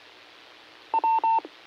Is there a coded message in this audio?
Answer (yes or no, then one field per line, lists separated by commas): no